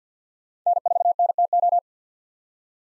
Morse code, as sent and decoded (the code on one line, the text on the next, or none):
-. ....- -. - ---
N4NTO